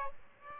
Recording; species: mosquito wingbeat signal from an infrared sensor; Aedes aegypti